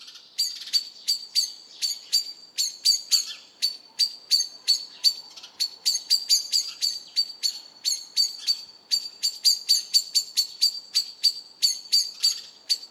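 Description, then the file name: Blackbird repeating hard, metallic chink notes steadily throughout. "Turdus merula"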